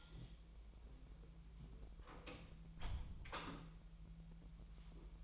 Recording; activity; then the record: daily activity, microphone in the room; close door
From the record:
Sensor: 1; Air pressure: 1001.2 hPa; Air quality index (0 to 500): 249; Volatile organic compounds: 147 ppm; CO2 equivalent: 4009 ppm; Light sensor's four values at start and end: 12/30/12/13 and 12/29/12/13